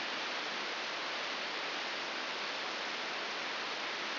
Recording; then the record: brain microelectrode recording played as sound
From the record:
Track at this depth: inside the subthalamic nucleus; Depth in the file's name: 4.208 mm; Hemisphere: right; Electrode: 3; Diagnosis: Parkinson's disease